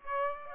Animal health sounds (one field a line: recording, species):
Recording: mosquito wingbeat signal from an infrared sensor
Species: Aedes aegypti